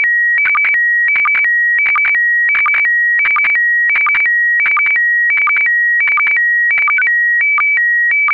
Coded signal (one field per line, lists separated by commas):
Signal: SSTV (slow-scan television)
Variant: PD 90